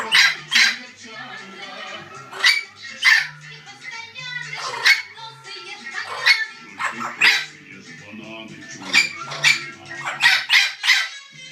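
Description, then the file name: Orange-winged amazon mixing loud rasping squawks with quieter chattering and whistled notes between them. "venesuelskii amazon poyot"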